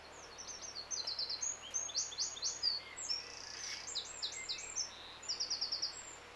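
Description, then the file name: Eurasian wren singing a long, rapid run of high chips and buzzy trills, broken by short pauses, with faint background hiss. "Troglodytes troglodytes"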